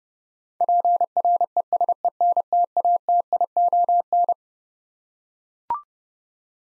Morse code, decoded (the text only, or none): PRESENTATION